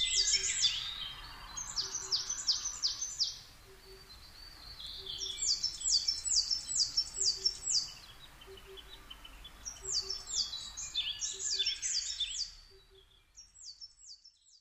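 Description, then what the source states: Coal tits singing high repeated two-note phrases in several bursts, more than one bird overlapping, with faint low ticking notes. Recorded 22 May 2010 at 17:33.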